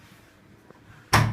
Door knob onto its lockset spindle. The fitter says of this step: ล็อคเรียบร้อยครับ